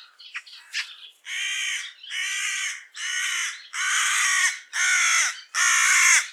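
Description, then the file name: Carrion crow giving a series of six long, harsh, drawn-out caws about one per second, after a few short rougher notes at the start. "Corvus corone"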